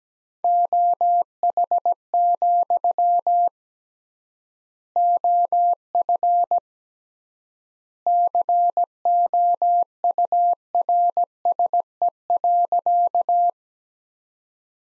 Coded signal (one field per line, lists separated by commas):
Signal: Morse code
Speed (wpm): 17 wpm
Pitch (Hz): 700 Hz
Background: none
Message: OH, OF COURSE.